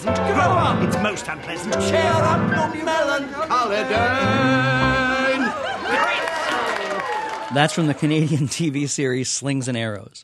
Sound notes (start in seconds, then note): 5.0 soundbite of cheering; 5.9 soundbite of applause